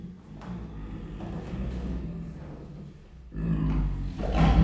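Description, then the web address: Siberian tiger growling low and steady, then swelling into a louder roar over the final second and a half. Captive female tiger recorded at the zoo in Miskolc, Hungary, in 2018. "sziberiai tigris amasiknostenyhangjaismegjon miskolczoo"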